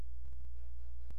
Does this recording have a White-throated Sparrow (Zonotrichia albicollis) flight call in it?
no